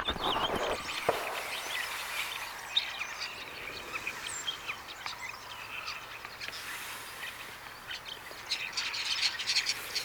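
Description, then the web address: Common starling song, a loose jumble of chirps, squawks and scratchy high notes coming in irregular bursts over a steady hiss of background noise. Song recorded 17 September 2024; includes imitations of redwing, which the source says are fairly common in starling songs. "paivat 17 9 2024 vahan kottaraisten laulua punakylkirastaslintumatkinnat ovat kottaraisten lauluissa aika yleisia"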